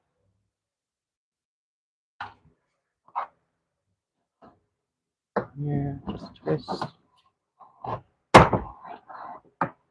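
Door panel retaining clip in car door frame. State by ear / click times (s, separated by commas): released / 9.6 s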